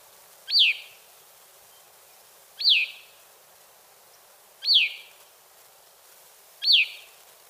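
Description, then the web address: Grey-cheeked thrush calls: four thin, sharply rising then falling notes, each about half a second, repeated roughly every two seconds over faint steady background hiss. Calls; eastern lowlands of South America. "Natures Songs S America Eastern Lowlands. Catharus minimus, calls"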